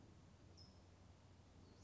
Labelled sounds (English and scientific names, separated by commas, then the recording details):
California Towhee (Melozone crissalis)
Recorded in Sonoma County, California